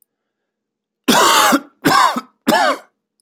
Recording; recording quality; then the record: heavy voluntary cough; excellent, no background noise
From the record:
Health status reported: healthy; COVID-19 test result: not tested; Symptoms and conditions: none ticked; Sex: male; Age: 31 years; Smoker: not ticked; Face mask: not worn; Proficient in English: yes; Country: United States